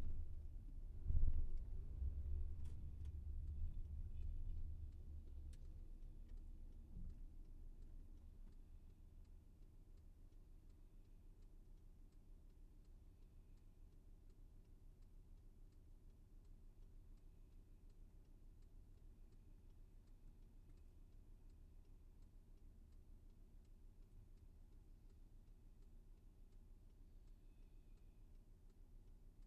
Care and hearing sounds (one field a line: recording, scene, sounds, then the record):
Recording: everyday scene through a hearing-aid microphone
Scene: in a vehicle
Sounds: engine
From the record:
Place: VW T5 Caravelle, diesel engine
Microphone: behind the ear, left, front